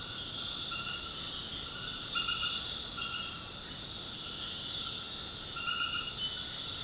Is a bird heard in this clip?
no